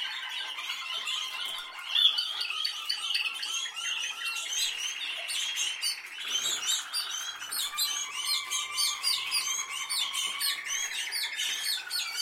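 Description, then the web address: Canary song, a dense, continuous stream of high rolling trills and chirps. "Golchin Best Canari Seda Canari. Niyaz Music)"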